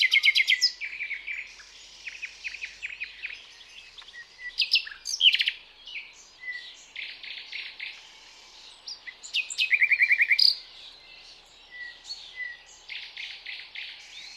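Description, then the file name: Common nightingale song: bursts of fast rattling notes and rich trills separated by quieter twitters. "Luscinia megarhynchos"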